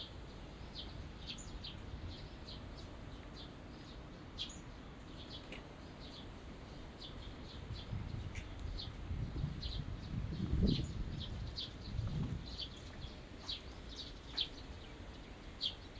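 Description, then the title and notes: Birds chirping with high short notes throughout, while low thumping sounds rise and fade in the middle. Small birds singing in a small garden in a corner of Yushima Tenjin shrine, Tokyo, surrounded by buildings, recorded after rain; binaural recording. "小鳥のさえずり、雨上がりの庭園にて（Binaural）- Birds singing in the garden. 湯島天神の片隅にある小さな庭園で録音しました。"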